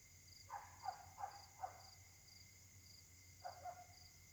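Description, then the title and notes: Dog barks, four quick sharp barks followed after a pause by two more, over a continuous pulsing insect chorus and a steady high tone. A chorus of dogs barking at night at Caltex, Trois-Mares, Réunion; recorded on a Samsung Galaxy S8 smartphone whose left microphone tends to be clogged. "Caltex, 3 mares, Réunion - h08. La nuit s'annonce difficile pour les habitants: concert de chiens"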